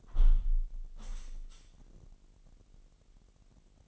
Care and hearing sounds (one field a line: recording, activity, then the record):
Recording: daily activity, microphone in the room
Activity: close window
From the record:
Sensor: 4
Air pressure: 998.8 hPa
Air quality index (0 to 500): 121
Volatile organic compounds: 2 ppm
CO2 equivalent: 1190 ppm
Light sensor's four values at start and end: 9/22/9/9 and 9/22/9/9